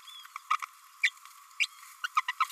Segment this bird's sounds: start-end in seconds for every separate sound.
0.50-0.57, 1.03-1.11, 1.59-1.66, 2.03-2.08, 2.16-2.21, 2.27-2.32, 2.40-2.45